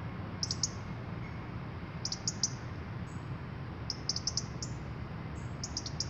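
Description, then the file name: European robin giving sharp, high ticking calls in clusters of two or three, repeated about every two seconds, with a few thin whistled notes, over a steady low rumble. "Erithacus rubecula"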